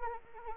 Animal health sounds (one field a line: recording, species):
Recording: mosquito wingbeat signal from an infrared sensor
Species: Anopheles arabiensis